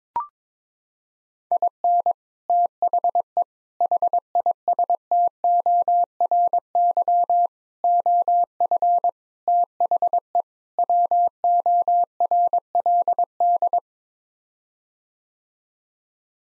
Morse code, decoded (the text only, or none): IN THE HISTORY OF THE WORLD